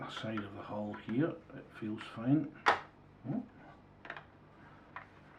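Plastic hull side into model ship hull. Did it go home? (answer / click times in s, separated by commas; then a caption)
yes / 4.1 s. Someone talks while pressing the plastic side of a Prinz Eugen model ship hull together along its length. A small snap at 4.1 s marks the hull side seating properly into place, followed by another faint click near 5.0 s.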